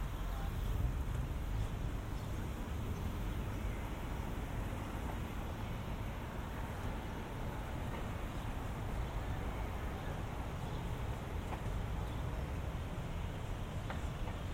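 Walking through suburban streets outside New York City, a steady, dense rumble of passing traffic fills the whole stretch, heaviest in the low end. A few faint clicks and taps surface now and then, with no clear breaks in the constant roar.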